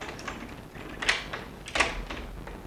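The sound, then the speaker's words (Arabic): A door opens as someone enters, with a couple of sharp, creaking mechanical clacks spaced about a second apart over a quiet rumbling background, with no voices. “ادخل يا صغير وأغلق الباب.”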